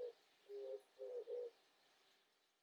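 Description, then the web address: Oriental turtle dove with a single low cooing phrase, then quiet background hiss. "環境音系 キジバトさん"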